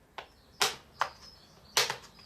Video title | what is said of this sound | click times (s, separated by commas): YesWelder Helmet Battery Replacement Guide | all you have to do guys is just pull these things backwards and it'll click out you listen | 0.6 s, 1.8 s